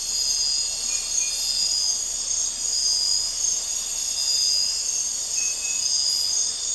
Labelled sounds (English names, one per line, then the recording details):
none
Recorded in dense forest near Puerto Asís, Putumayo, Colombia, on 4 March 2025 at 04:00
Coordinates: 0.467, -76.328
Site G041